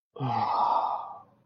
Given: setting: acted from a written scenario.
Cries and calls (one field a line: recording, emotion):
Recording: vocal sound without words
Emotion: shame